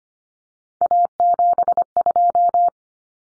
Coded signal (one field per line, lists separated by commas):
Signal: Morse code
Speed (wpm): 25 wpm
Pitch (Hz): 700 Hz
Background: none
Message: A72